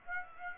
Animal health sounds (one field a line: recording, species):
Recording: mosquito wingbeat signal from an infrared sensor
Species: Aedes aegypti